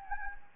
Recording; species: mosquito wingbeat signal from an infrared sensor; Anopheles gambiae